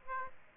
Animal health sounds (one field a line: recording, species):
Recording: mosquito wingbeat signal from an infrared sensor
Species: Aedes aegypti